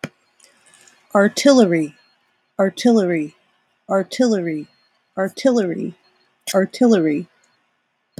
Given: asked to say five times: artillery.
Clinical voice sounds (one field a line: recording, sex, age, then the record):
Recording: repeated word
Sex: female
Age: 40 to 49 years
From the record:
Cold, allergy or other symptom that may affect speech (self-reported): no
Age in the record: 44 years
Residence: Illinois, United States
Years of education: 12